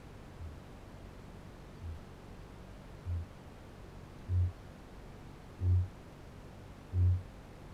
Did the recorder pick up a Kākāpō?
yes